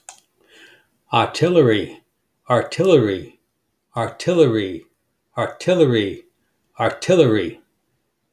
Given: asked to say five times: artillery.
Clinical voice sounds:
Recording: repeated word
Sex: male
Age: 70 to 79 years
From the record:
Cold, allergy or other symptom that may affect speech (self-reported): no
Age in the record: 70 years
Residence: Florida, United States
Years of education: 18

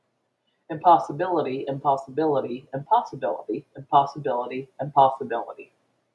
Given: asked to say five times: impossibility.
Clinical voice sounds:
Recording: repeated word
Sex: female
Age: 50 to 59 years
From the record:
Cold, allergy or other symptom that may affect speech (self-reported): no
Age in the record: 59 years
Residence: Florida, United States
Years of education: 16

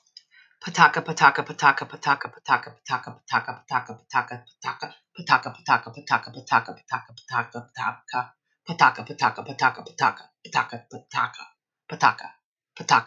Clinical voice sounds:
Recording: repeated syllables /pa ta ka/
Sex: female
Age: 40 to 49 years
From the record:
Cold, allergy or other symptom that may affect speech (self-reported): no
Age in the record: 42 years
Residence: New York, United States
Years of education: 24

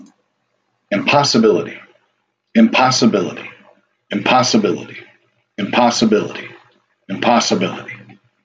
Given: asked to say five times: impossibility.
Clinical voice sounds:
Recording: repeated word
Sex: male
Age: 40 to 49 years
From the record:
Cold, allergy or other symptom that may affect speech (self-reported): no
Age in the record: 40 years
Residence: Ohio, United States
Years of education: 12

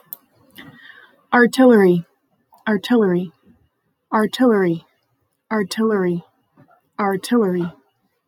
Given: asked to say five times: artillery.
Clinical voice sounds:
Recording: repeated word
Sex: female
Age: 30 to 39 years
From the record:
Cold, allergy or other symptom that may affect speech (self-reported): no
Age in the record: 39 years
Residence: Montana, United States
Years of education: 16

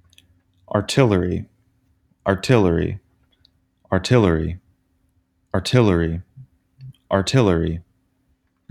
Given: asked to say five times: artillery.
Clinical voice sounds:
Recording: repeated word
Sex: male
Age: 20 to 29 years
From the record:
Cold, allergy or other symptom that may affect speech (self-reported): no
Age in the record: 22 years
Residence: Tennessee, United States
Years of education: 12

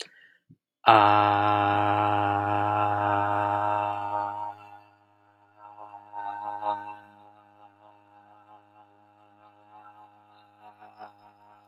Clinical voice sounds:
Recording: vowel held as long as possible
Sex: male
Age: 20 to 29 years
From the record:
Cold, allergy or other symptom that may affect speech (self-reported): no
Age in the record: 28 years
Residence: California, United States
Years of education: 16

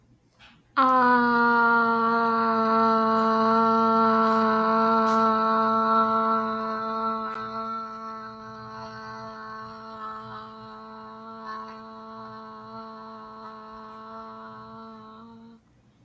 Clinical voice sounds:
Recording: vowel held as long as possible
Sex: female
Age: 30 to 39 years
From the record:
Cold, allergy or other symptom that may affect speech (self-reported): no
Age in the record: 36 years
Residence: South Carolina, United States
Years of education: 16

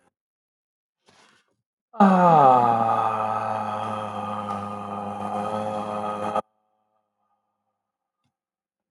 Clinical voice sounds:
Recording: vowel held as long as possible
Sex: male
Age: 30 to 39 years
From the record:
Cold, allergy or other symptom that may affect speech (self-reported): no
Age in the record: 34 years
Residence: California, United States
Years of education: 18

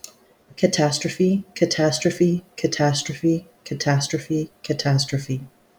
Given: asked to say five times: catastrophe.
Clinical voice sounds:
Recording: repeated word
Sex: female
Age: 50 to 59 years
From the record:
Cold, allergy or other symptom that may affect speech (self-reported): no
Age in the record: 51 years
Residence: Oklahoma, United States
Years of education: 15

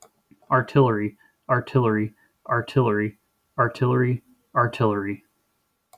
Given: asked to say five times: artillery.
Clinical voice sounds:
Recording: repeated word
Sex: male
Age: 30 to 39 years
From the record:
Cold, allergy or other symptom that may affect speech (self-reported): no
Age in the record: 34 years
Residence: Ohio, United States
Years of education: 16

